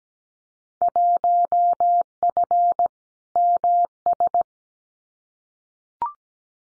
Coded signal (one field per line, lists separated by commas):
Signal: Morse code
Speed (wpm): 17 wpm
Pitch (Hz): 700 Hz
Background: none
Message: 1F MS